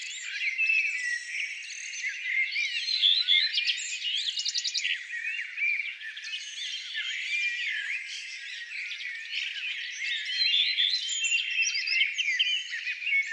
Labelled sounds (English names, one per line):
Common Redstart song